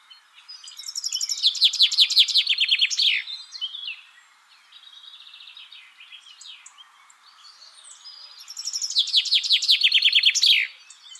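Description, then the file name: Common chaffinch song, two loud trilled phrases with softer twittering in between. "Fringilla coelebs"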